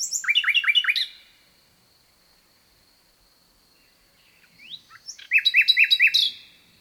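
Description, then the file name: Common nightingale gives two song phrases of fast, rich repeated notes separated by a long silent pause; the second phrase opens with slurred whistles. "Luscinia megarhynchos"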